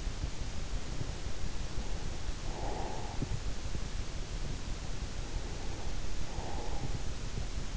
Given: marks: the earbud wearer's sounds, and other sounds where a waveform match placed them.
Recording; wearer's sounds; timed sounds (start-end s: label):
sounds in sleep by an in-ear microphone; breath
1.80-4.01 s: breath
6.09-7.77 s: breath